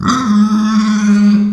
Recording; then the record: squeal of a Yucatan mini pig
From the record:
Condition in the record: after surgery on the right vocal fold (resection and tissue-engineered implant); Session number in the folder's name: 14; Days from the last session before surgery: 133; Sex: female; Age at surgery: 19 weeks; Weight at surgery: 25 kg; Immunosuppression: prednisolone